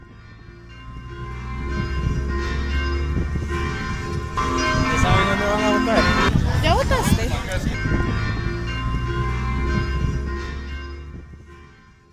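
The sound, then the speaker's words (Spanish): Church bells ring to mark the start of mass, heard outside a school in San Isidro de Heredia. Their resonant tones layer into a steady, sustained hum throughout. Voices briefly talk over the bells in the middle before the ringing carries on and slowly fades. “Eso era lo que se escuchaba a las afueras de la Escuela José Martí en San Isidro de Heredia, justo en el momento en que las campanas de la iglesia marcaban el inicio de la misa.”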